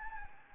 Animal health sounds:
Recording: mosquito wingbeat signal from an infrared sensor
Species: Anopheles gambiae

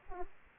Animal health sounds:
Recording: mosquito wingbeat signal from an infrared sensor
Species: Aedes aegypti

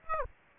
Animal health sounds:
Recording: mosquito wingbeat signal from an infrared sensor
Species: Aedes aegypti

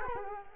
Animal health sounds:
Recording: mosquito wingbeat signal from an infrared sensor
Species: Culex quinquefasciatus

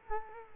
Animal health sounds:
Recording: mosquito wingbeat signal from an infrared sensor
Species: Culex quinquefasciatus

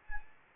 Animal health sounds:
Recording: mosquito wingbeat signal from an infrared sensor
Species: Anopheles arabiensis

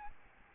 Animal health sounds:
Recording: mosquito wingbeat signal from an infrared sensor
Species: Aedes albopictus

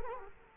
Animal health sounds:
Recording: mosquito wingbeat signal from an infrared sensor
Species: Culex quinquefasciatus

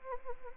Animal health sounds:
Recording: mosquito wingbeat signal from an infrared sensor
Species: Anopheles arabiensis

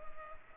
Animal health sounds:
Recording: mosquito wingbeat signal from an infrared sensor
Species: Culex pipiens

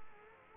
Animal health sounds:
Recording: mosquito wingbeat signal from an infrared sensor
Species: Culex quinquefasciatus

